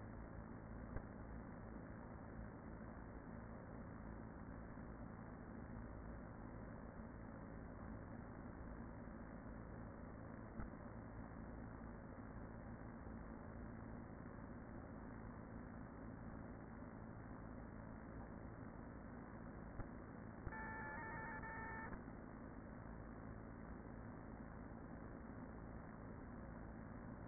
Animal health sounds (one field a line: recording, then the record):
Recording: honeybee colony, microphone inside the hive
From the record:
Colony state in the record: queen present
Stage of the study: after two queens were removed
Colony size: about 40,000 bees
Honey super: no